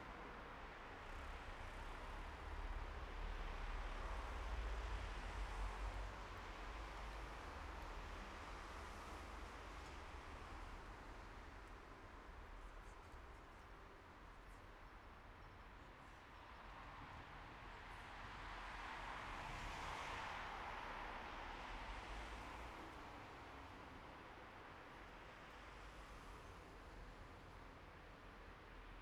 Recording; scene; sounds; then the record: everyday scene through a hearing-aid microphone; in traffic; traffic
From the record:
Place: bus stop on a city main road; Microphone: behind the ear, right, front